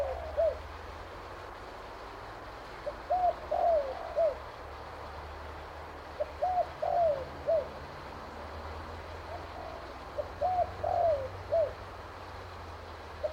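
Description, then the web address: Spotted dove cooing steadily, the same soft three-note phrase with a slurred middle note repeated about every three to four seconds, over faint low rumble. "Sound Effects-Foundation 1 BIRD SPOTTED TURTLE DOVE CALL"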